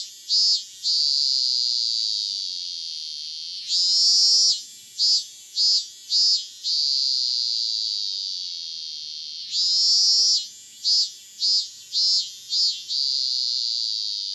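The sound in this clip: Robust cicada droning at high pitch, repeatedly breaking into loud phrases of several rhythmic pulsed bursts before returning to the steady whine.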